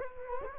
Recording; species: mosquito wingbeat signal from an infrared sensor; Culex quinquefasciatus